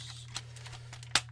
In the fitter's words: to this position going to snap into place like